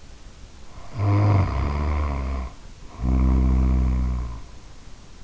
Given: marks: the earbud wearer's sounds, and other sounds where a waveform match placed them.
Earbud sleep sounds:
sounds in sleep by an in-ear microphone; snoring breath
0.68-4.85 s: snoring breath

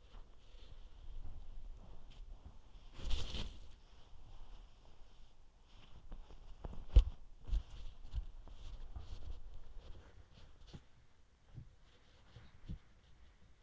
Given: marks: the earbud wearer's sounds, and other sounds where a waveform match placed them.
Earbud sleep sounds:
sounds in sleep by an in-ear microphone; body movement
0.00-13.63 s: body movement

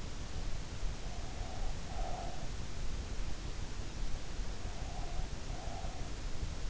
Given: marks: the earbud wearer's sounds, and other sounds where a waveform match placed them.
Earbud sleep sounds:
sounds in sleep by an in-ear microphone; breath
0.56-2.69 s: breath
4.44-6.70 s: breath

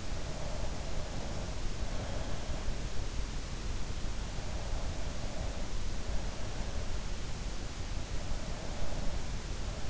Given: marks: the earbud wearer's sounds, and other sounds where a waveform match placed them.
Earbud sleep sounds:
sounds in sleep by an in-ear microphone; breath
0.00-2.54 s: breath

